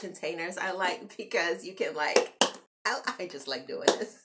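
A plastic lid is handled over a food storage container while someone talks, with a few short taps and knocks around 2.2, 2.4 and 3.9 seconds. The lid has not yet snapped shut, and nothing has seated or clicked yet.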